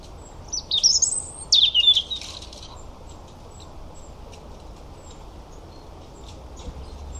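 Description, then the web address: European robin song: a short burst of high, liquid, tumbling notes near the start, followed by soft faint twitters and a low steady background hiss. "Deverinetal 2025 File origin Bird Only Er Ru"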